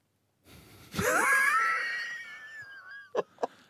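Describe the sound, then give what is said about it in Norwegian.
A person breathes loudly through the nose into a microphone: a long airy exhale carrying a thin, wavering whistle that slowly drops in pitch, then two quick short sniffs at the end. No one speaks. “Hvem var det som pustet med nesa inn i mikrofonen?”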